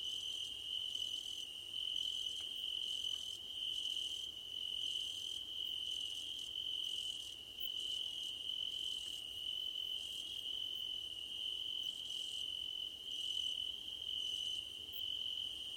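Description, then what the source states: Crickets chirping: a steady high trill runs throughout, with fainter pulsed chirps above it repeating about once a second. Crickets at night under a starlit sky.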